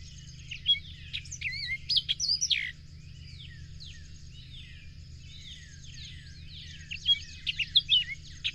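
Softer bird song with scratchy chirps and slurred notes early, faint twittering between, and another burst of chirps near the end, over a continuous low hum.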